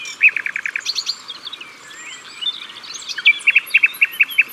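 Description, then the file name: Common nightingale song: a burst of quick repeated notes, a softer warbled stretch, then a series of loud spaced repeated notes. At the water's edge. "Rossignol philomele Au bord de leau"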